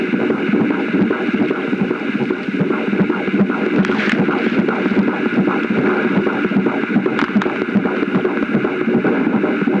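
Steady whooshing pulses at about 150 a minute under heavy noise, a fetal heartbeat in the normal range.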